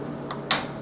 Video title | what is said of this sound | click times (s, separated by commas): Oven Fix, No Display , Display Locked Up , Replace Control Board | a little hole there in the board where that tab goes snaps in place okay | 0.5 s